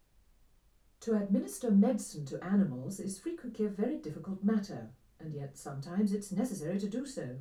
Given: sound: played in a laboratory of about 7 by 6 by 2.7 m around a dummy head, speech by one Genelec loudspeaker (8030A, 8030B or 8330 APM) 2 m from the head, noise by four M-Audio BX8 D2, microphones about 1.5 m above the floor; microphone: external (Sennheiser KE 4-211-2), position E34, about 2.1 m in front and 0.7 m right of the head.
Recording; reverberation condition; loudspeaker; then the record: female speech in English; low; 90 degrees to the right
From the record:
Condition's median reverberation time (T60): about 310 ms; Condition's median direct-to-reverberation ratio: about 3.5 dB